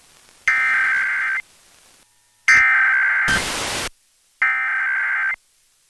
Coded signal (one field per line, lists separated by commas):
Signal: Emergency Alert System (SAME) tones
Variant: header bursts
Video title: 2023 National Test on Springfield, MA/Hartford, CT Area Stations (10/4/2023) (EAS #90-100)